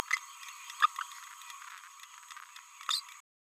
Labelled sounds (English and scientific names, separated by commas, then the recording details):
Green-rumped Parrotlet (Forpus passerinus) babbling
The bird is a male
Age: 28 days
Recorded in a nest box in Venezuela
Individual 17B31A2